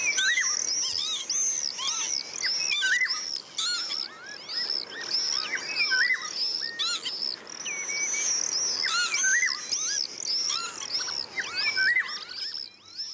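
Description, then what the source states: Common swifts screaming: many shrill, drawn-out screeches overlapping continuously, with other birds calling. Long screeching calls, played back as one of a mix of three bird sounds.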